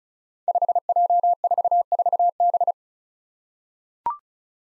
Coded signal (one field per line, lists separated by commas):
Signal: Morse code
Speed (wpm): 36 wpm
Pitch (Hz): 700 Hz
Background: none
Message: 5J44B